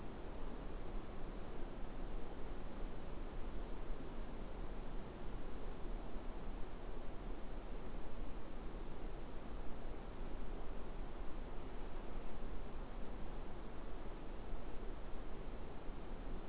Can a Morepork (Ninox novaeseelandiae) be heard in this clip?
no